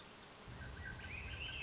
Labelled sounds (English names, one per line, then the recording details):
Swainson's Thrush
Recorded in Sonoma County, California